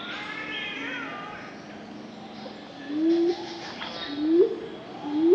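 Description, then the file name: Superb fruit dove giving low, rising hoots that grow louder toward the end, with fainter sounds over steady background noise. "Ptil Supe"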